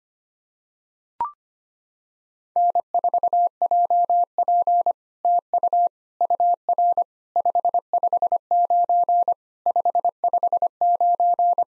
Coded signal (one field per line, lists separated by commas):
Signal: Morse code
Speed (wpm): 25 wpm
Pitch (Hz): 700 Hz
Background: none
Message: N4JP TU UR 559 559